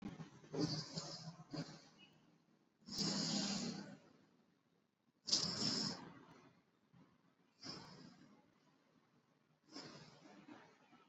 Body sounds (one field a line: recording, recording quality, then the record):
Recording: deep breathing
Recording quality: excellent, no background noise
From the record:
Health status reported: exposed to COVID-19, no respiratory illness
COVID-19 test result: not tested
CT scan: not taken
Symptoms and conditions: none ticked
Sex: female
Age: 24 years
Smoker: yes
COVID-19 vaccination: both doses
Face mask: worn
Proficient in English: yes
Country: India